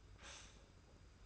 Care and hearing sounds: daily activity, microphone in the room; stop toaster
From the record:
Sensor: 2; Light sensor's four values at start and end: 32/98/38/36 and 32/98/38/36

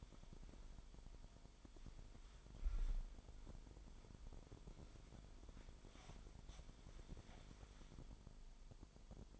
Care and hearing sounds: daily activity, microphone in the room; wipe stove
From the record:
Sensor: 5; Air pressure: 1003.5 hPa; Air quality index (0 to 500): 146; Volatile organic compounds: 2 ppm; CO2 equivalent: 1063 ppm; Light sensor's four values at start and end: 36/78/36/42 and 36/79/36/43

